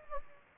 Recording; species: mosquito wingbeat signal from an infrared sensor; Anopheles gambiae